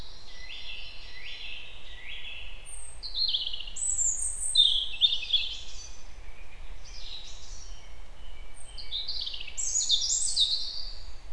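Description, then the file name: European robin delivering a long stream of high, sweet whistles, falling slurs and sparkling trills, nearly continuous throughout, over a steady low background noise. "Erithacus rubecula"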